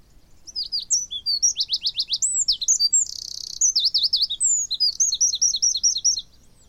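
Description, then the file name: Eurasian wren song: a loud, fast stream of high, sharp notes and rapid trills, with a brief buzzy rattle near the middle, lasting about six seconds. "Troglodytes troglodytes"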